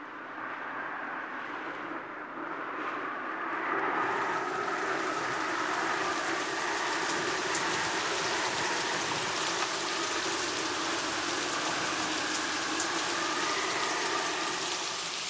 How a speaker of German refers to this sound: Spätherbst 1917. Seit Tagen peitscht der Regen über die Schlachtfelder im Westen.